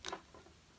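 The plastic locking piece of a Molex connector housing on a Ural OBD2 cable, during a pin swap for retro models, is pushed back to lock in the pins once they are all clicked in. A sharp, bright plastic snap comes at 0.1 s, followed by a couple of much fainter ticks. The lock seats, securing the pins.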